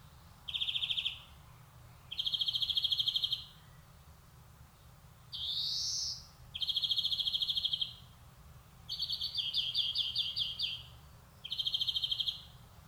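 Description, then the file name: European greenfinch song of repeated trilled rattles with one rising nasal wheeze and a quick tumbling twitter near the end, steady low hum behind. "Chloris chloris"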